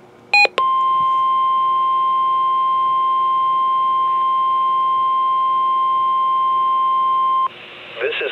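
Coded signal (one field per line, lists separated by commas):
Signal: Emergency Alert System (SAME) tones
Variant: 1050 Hz attention tone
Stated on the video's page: NOAA Weather Radio required weekly test from transmitter WWG34, Brownsville office, south Texas, using an automated voice.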